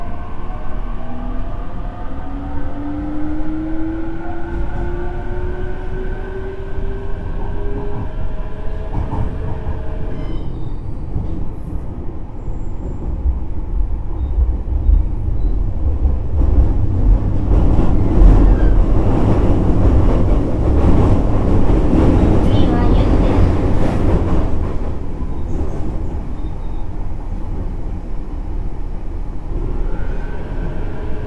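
A JR Kyushu 817 series train runs along with a steady low rumble throughout. For the first ten seconds, rising whines from the motors climb in pitch, then fade. From about 16 to 26 seconds the rumble grows louder and rougher with rattling before easing off.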